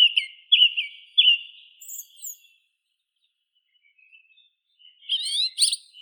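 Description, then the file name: Song thrush repeating a whistled phrase three times, trailing off into quiet, then a burst of high scratchy twittering near the end. "Neizvesten - Drozd pevchij Turdus philomelos"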